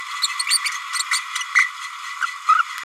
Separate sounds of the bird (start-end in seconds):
0.22-0.27, 0.39-0.44, 0.48-0.58, 0.99-1.03, 1.11-1.20, 1.55-1.68, 2.21-2.27, 2.48-2.65